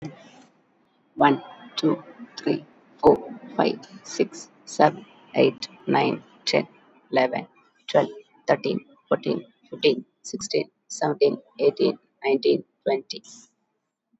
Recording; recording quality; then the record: counting at a normal pace; excellent, no background noise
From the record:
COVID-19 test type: RT-PCR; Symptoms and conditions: cough, hypertension, diabetes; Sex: female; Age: 53 years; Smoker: no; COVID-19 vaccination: one dose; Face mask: not worn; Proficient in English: yes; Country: India